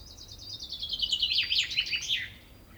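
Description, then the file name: Common chaffinch song: a bright, rattling trill that slowly drops in pitch and ends in a brief, emphatic flourish. "Fringilla coelebs"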